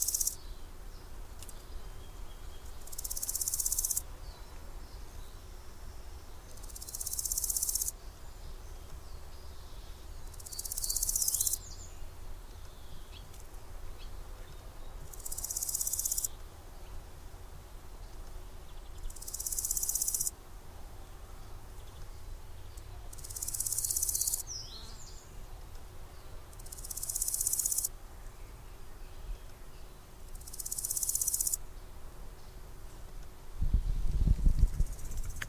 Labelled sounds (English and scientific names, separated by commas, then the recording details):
Large Gold Grasshopper (Chrysochraon dispar) stridulation
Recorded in the wild
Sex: male
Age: imago
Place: Mühlenbecker Teiche, Tegeler Fließ, Berlin, DE
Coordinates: 52.6453, 13.3953
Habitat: meadow
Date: 1991-07-06
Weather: Lufttemperatur 30,5°C in der Sonne
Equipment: Uher 4000 Report Monitor ME 80, K 30 AV, Original
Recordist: Frommolt, Karl-Heinz